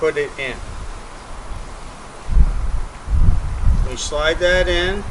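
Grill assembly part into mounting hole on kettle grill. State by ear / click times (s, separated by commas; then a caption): not seated / none. A grill assembly part is lined up with the right-side mounting hole on a green 22-inch Weber Original Kettle Premium grill, ready to be slid in. Someone talks at the start and end, with rustling handling noise from about 2.3 to 3.8 seconds. Nothing has seated or clicked yet.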